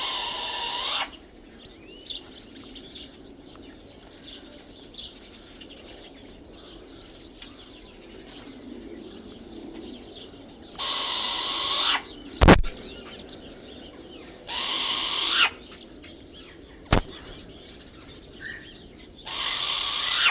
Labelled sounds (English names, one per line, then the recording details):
Short-eared Owl call
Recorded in captivity
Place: Tierpark Berlin, Berlin, DE
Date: 1970-03-07 11:00
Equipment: Uher 4200 Report Stereo, Sennheiser MD 421
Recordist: Tembrock, Günter